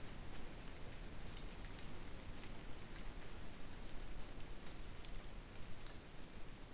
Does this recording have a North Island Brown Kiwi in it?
no